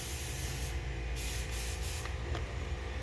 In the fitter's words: Well, it didn't quite click, but I could feel it.